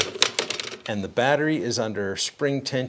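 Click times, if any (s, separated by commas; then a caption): 0.2 s. The release button inside the grip handle of a Litheli U20 cordless pole saw is pressed, and the spring-loaded battery pack pops free with a sharp snap at 0.2 s, followed by a short clatter of lighter knocks through about 0.7 s. The battery is released because it is under spring tension. Someone then talks.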